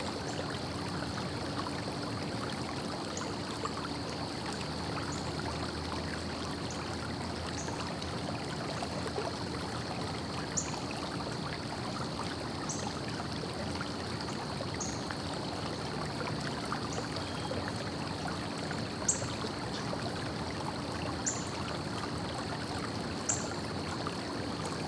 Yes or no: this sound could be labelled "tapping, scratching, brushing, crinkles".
no